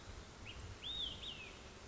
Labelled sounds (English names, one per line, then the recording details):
Olive-sided Flycatcher
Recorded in Sonoma County, California